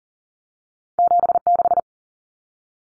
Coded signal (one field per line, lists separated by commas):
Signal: Morse code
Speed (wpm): 40 wpm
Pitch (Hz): 700 Hz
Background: none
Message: 76